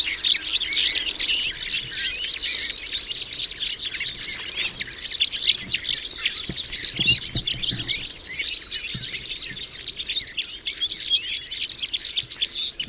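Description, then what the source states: Red crossbill flock calls, a dense, continuous chatter of many overlapping high chirps and sharp notes, steady throughout with no pauses. Recorded in the Rusel area on 15 November 2014.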